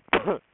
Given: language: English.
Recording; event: throat vibration sensor signal played as sound; cough